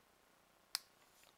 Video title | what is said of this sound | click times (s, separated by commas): HY2M-MG W01 Master Grade God Finger Hyper Hybrid Master Grade Tutorial | So that it snaps into place. | 0.8 s